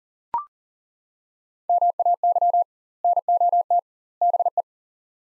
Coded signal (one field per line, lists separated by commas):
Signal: Morse code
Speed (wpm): 40 wpm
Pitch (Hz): 700 Hz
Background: none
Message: MAY NOT BE